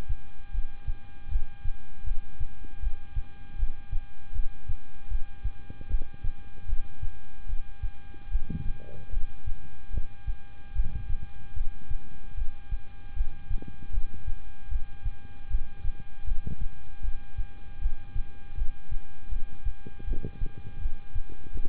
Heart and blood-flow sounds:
heart sounds by stethoscope; between the tricuspid and mitral areas; 77 bpm
0.52 s: heartbeat
1.29 s: heartbeat
2.04 s: heartbeat
2.80 s: heartbeat
3.57 s: heartbeat
4.33 s: heartbeat
5.09 s: heartbeat
5.88 s: heartbeat
6.66 s: heartbeat
7.47 s: heartbeat
8.29 s: heartbeat
9.10 s: heartbeat
9.91 s: heartbeat
10.73 s: heartbeat
11.54 s: heartbeat
12.35 s: heartbeat
13.14 s: heartbeat
13.91 s: heartbeat
14.69 s: heartbeat
15.48 s: heartbeat
16.25 s: heartbeat
17.02 s: heartbeat
17.79 s: heartbeat
18.55 s: heartbeat
19.29 s: heartbeat
20.05 s: heartbeat
20.79 s: heartbeat
21.53 s: heartbeat
From the record:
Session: rest, lying down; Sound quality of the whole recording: good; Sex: male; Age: 26 years

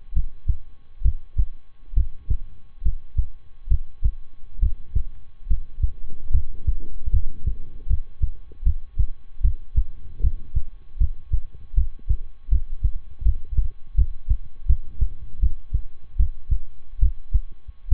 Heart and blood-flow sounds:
heart sounds by stethoscope; between the tricuspid and mitral areas; 74 bpm
0.12 s: heartbeat
1.01 s: heartbeat
1.93 s: heartbeat
2.81 s: heartbeat
3.67 s: heartbeat
4.59 s: heartbeat
5.46 s: heartbeat
6.30 s: heartbeat
7.10 s: heartbeat
7.86 s: heartbeat
8.63 s: heartbeat
9.41 s: heartbeat
10.20 s: heartbeat
10.97 s: heartbeat
11.74 s: heartbeat
12.48 s: heartbeat
13.22 s: heartbeat
13.95 s: heartbeat
14.66 s: heartbeat
15.39 s: heartbeat
16.16 s: heartbeat
16.99 s: heartbeat
17.88 s: heartbeat
From the record:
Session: rest, lying down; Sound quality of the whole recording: good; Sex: male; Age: 23 years

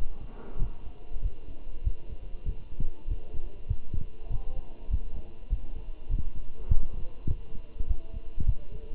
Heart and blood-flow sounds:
heart sounds by stethoscope; between the tricuspid and mitral areas; 99 bpm
0.60 s: heartbeat
1.23 s: heartbeat
1.85 s: heartbeat
2.46 s: heartbeat
3.09 s: heartbeat
3.69 s: heartbeat
4.31 s: heartbeat
4.91 s: heartbeat
5.50 s: heartbeat
6.10 s: heartbeat
6.69 s: heartbeat
7.29 s: heartbeat
7.88 s: heartbeat
8.47 s: heartbeat
From the record:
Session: walking at 3.7 km/h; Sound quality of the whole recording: good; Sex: male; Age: 23 years

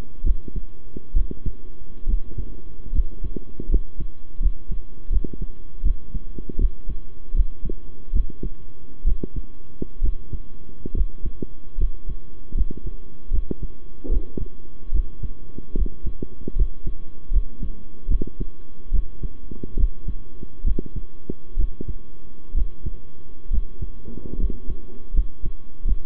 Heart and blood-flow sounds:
heart sounds by stethoscope; between the tricuspid and mitral areas; 73 bpm
0.23 s: heartbeat
1.14 s: heartbeat
2.06 s: heartbeat
2.92 s: heartbeat
3.69 s: heartbeat
4.40 s: heartbeat
5.10 s: heartbeat
5.83 s: heartbeat
6.58 s: heartbeat
7.34 s: heartbeat
8.13 s: heartbeat
9.04 s: heartbeat
10.01 s: heartbeat
10.94 s: heartbeat
11.78 s: heartbeat
12.54 s: heartbeat
13.31 s: heartbeat
14.09 s: heartbeat
14.92 s: heartbeat
15.75 s: heartbeat
16.55 s: heartbeat
17.31 s: heartbeat
18.08 s: heartbeat
18.91 s: heartbeat
19.76 s: heartbeat
20.64 s: heartbeat
21.56 s: heartbeat
22.54 s: heartbeat
23.50 s: heartbeat
24.38 s: heartbeat
25.13 s: heartbeat
25.84 s: heartbeat
From the record:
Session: rest, sitting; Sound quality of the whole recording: good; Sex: male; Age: 23 years

